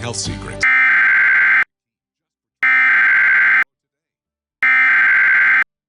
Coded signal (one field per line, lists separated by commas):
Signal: Emergency Alert System (SAME) tones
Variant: header bursts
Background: speech